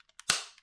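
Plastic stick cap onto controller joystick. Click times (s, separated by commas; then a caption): 0.3 s. A glossy two-piece plastic stick cap is pressed with a firm push onto a controller joystick, its tabs snapping into the holes at the top and bottom. A faint tick at 0.2 s is followed by a sharp snap at 0.3 s with a quick decaying tail as the cap seats on the stick.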